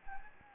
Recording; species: mosquito wingbeat signal from an infrared sensor; Anopheles gambiae